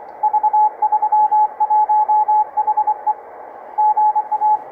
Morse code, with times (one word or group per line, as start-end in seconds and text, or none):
0.2-3.1 V31HE
3.8-4.6 GA